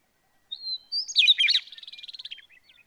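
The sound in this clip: Bird song: a thin high whistle, then a jumbled burst of sharp notes, ending in a fast fading trill.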